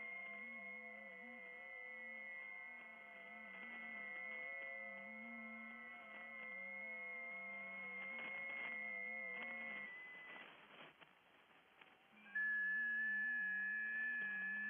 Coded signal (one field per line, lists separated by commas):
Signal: FT8